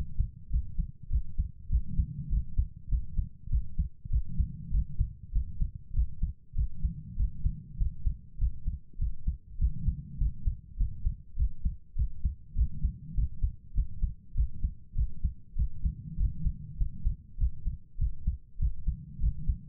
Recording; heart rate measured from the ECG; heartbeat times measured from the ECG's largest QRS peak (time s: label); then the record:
heart sounds by stethoscope; 99 bpm
0.49 s: heartbeat
1.08 s: heartbeat
1.68 s: heartbeat
2.28 s: heartbeat
2.88 s: heartbeat
3.48 s: heartbeat
4.08 s: heartbeat
4.70 s: heartbeat
5.31 s: heartbeat
5.92 s: heartbeat
6.54 s: heartbeat
7.15 s: heartbeat
7.76 s: heartbeat
8.37 s: heartbeat
8.97 s: heartbeat
9.57 s: heartbeat
10.17 s: heartbeat
10.76 s: heartbeat
11.35 s: heartbeat
11.94 s: heartbeat
12.54 s: heartbeat
13.13 s: heartbeat
13.73 s: heartbeat
14.33 s: heartbeat
14.94 s: heartbeat
15.54 s: heartbeat
16.16 s: heartbeat
16.76 s: heartbeat
17.36 s: heartbeat
17.97 s: heartbeat
18.57 s: heartbeat
19.19 s: heartbeat
From the record:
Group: healthy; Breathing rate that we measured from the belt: 22 breaths a minute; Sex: female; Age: 32 years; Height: 172 cm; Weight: 71.7 kg